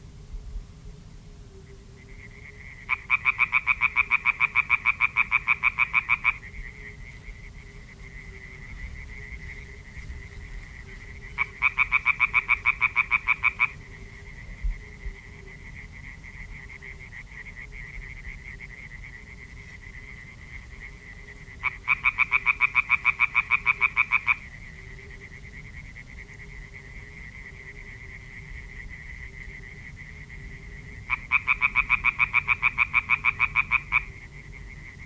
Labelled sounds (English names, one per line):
Common Tree Frog call